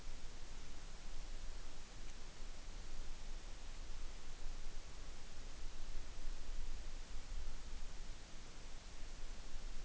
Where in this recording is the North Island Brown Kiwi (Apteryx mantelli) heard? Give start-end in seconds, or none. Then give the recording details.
none. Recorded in New Zealand on 8 June 2014. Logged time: 02:19